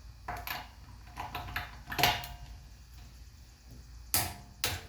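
A torque wrench is tightened on another wheel lug nut during a tire repair for a slow air leak. Light handling knocks come first, then the wrench gives sharp clicks at 4.1 s and 4.6 s as it reaches its setting. The lug nut is torqued.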